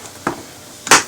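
A plastic door trim panel clip on a 2022 Mazda 3 Hatchback is pressed into the car door after the panel is hooked from the bottom and pushed up. Sharp snaps ring out at 0.3 s, 0.9 s and 0.9 s, the last one the loudest. The clip is seated in the door.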